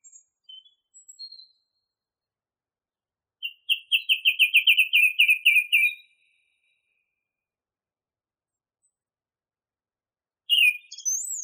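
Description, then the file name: Song thrush song: a few scattered soft notes, then a quick burst of repeated chirping notes lasting over two seconds, and a high twittering phrase at the end. Masteran recording made for training songbirds. "suara masteran songthrush"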